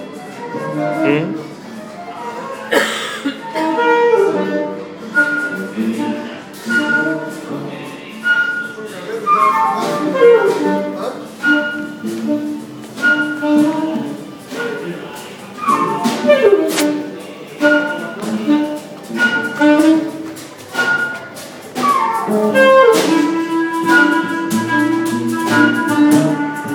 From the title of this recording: Sounds at Tacheles